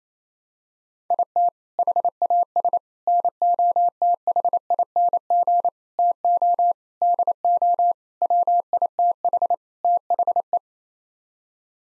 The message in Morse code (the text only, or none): IT HAS NOTHING TO DO WITH THE